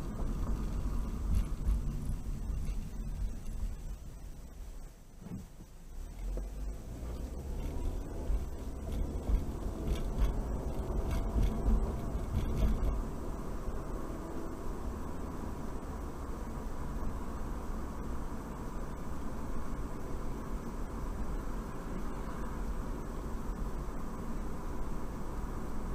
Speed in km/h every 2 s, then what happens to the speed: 29, 15, 8, 13, 27, 37, 44, 50, 52, 53, 53, 53, 53.
0-5 brakes to 8. 5-14 speeds up to 50. 14-26 steady at about 53.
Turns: none.